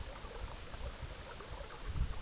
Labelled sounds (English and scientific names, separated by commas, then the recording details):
none
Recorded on Arctic tundra, site EABA-MC, on 19 June 2019
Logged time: 22:00